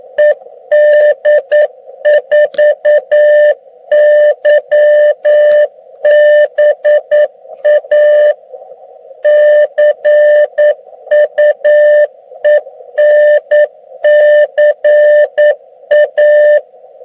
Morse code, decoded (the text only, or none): ED4YBA CUENCA